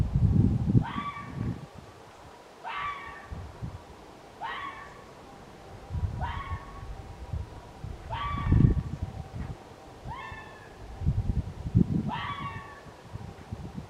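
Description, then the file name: Red fox giving short rising yelping calls with bright harmonics, about one every two seconds, seven in all, over low rumbling background noise. Recorded on 29 January 2024. "20240129 kitsune"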